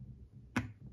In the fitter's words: largar ele que ele encaixa mas aqui não encaixou então